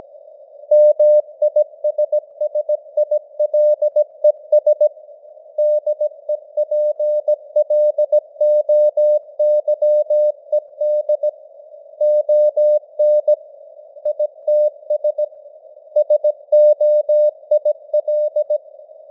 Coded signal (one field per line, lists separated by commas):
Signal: Morse code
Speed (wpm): 17 wpm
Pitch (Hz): 600 Hz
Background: none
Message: MISSILES DEPLOYED ON ITS SOIL